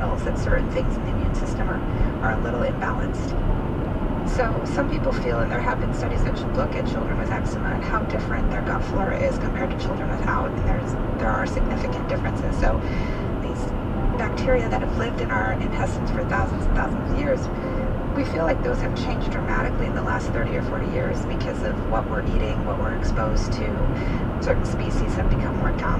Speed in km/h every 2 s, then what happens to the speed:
103, 103, 101, 103, 103, 105, 105, 105, 105, 105, 106, 106, 106.
0-26 steady at about 105.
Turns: none.